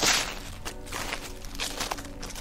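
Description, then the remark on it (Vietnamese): A few slow, soft footsteps approach at an unhurried pace, each a brief scuffing thud over a low, steady background hum, with no voices. “Tiếng bước chân dần dần đến gần hắn.”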